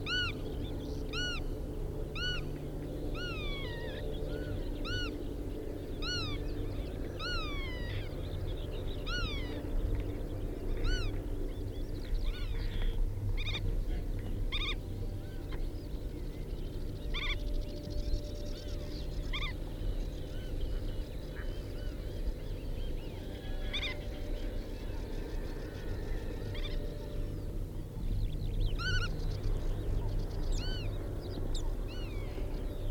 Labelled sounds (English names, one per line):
Black-tailed Godwit call